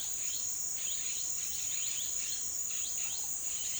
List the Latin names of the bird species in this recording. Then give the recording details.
Pionus menstruus. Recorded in dense forest near Puerto Asís, Putumayo, Colombia, on 20 February 2024 at 18:00. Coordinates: 0.505, -76.324. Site G6467